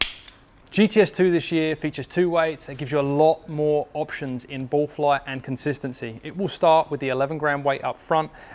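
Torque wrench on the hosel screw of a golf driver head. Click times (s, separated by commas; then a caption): 0.0 s. A torque wrench tightens the hosel screw on a metal Titleist GTS2 golf driver head, which has just been screwed back on with its hosel set to the A2 position. A single loud, sharp click at 0.0 s shows the wrench has reached its setting and the head is secured. Someone then talks for the rest of the clip.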